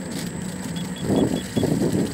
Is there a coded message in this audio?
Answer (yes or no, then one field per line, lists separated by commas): no